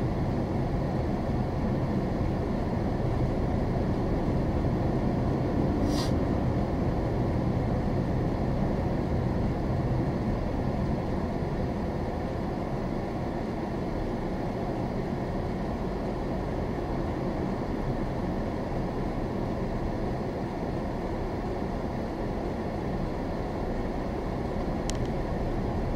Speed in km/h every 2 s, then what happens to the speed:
24, 26, 27, 26, 26, 23, 15, 15, 15, 15, 13, 13, 15.
0-9 steady at about 26. 9-12 brakes to 15. 12-26 steady at about 15.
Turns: none.